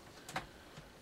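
A telescopic radio antenna on a General Shop CX-457F boombox is folded down into its plastic click-down holder clip. A short double tick is heard at 0.3 and 0.4 seconds, and the antenna is seated in place.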